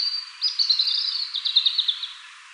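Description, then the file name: European robin giving a short high phrase: a thin sustained whistle, then a quick jittery series of bright notes, fading out at the end. "Erithacus rubecula"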